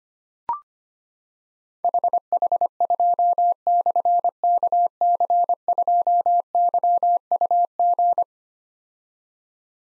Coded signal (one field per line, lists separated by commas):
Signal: Morse code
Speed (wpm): 25 wpm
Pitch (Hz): 700 Hz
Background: none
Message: HH2/KC2YUG